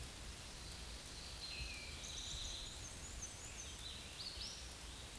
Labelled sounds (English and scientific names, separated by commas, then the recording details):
Black-and-white Warbler (Mniotilta varia) song
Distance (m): 70 m
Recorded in a Pennsylvania forest on 19 May 2023 at 20:32
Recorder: AudioMoth, point grid1_37_low
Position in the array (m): 37 m, 135 m